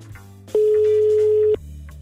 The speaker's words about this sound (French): Et on compose votre numéro de téléphone, vous qui avez joué avec nous, par SMS. Attention, on appelle au hasard en espérant ne pas tomber sur un répondeur.